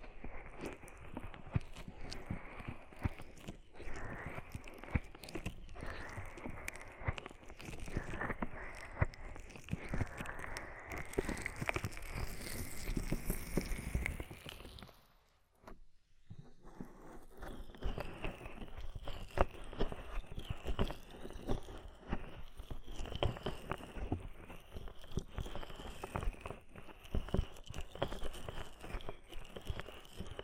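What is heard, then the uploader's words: Close ear massage sounds with oil and foam: dense, wet crackling and squishing rubs continue with little pause, with a brighter swishing layer on top. Around the fifteen-second mark the sound drops away briefly, then the rubbing resumes at the same pace. ASMR Oil, Foam and Tingly Ear Massage.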